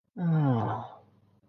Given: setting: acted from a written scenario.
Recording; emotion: vocal sound without words; serenity